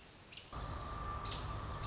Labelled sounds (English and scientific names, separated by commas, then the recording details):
American Robin (Turdus migratorius)
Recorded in Sonoma County, California